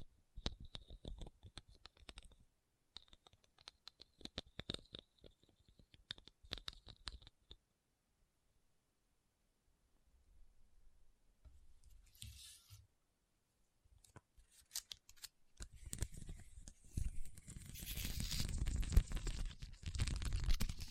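Rhinestone tapping and scratching: quick clicky taps for seven seconds, a quiet gap, brief scrapes, then dense rough scratching building louder toward the end.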